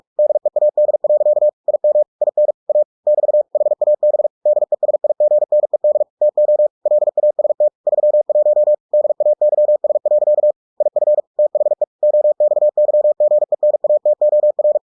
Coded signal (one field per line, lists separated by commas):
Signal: Morse code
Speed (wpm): 46 wpm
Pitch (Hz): 600 Hz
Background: none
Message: DEAD. IM IN A <BT> HAB DESIGNED TO LAST 31 DAYS. IF THE OXYGENATOR